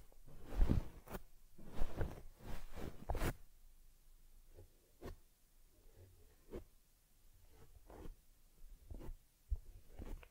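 Soft handling of a teddy bear: brushing, rubbing and light scratching against fur and fabric. The first three seconds are busy with dense rustling strokes, then the sounds thin out into separate short swipes and taps every second or so, with quiet gaps between.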